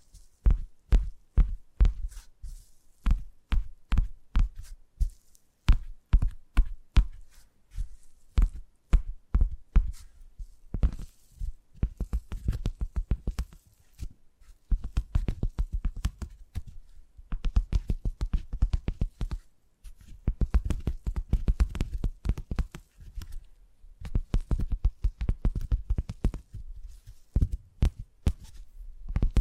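Tapping sounds: sharp, dull taps with a low thud to each, coming in fast runs and bursts. Early on the taps are spaced and fairly regular; after about ten seconds they crowd into dense, rapid flurries broken by brief pauses.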